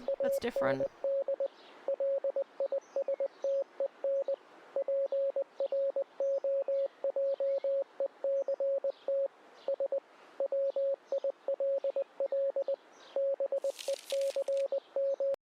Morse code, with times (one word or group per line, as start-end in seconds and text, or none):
0.1-1.5 AND
1.9-4.3 LISTEN
4.8-9.3 PROJECT
9.7-10.0 S
10.4-12.7 WILL
13.2-15.3 BECM